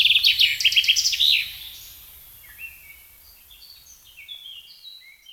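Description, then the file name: Common chaffinch song ending in a loud, rapid trill that fades after about a second and a half. Faint thin whistles from other birds follow. "Fringilla coelebs"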